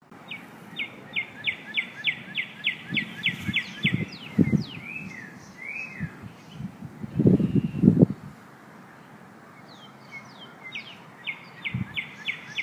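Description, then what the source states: Northern cardinal singing long runs of quick, repeated down-slurred whistles, a pause with brief higher chips, then another run, over intermittent low thumping noise. Morning song.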